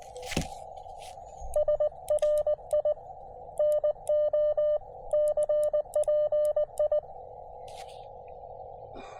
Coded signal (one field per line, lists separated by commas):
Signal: Morse code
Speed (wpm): 19 wpm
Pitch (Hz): 590 Hz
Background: none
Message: SRI NO CPI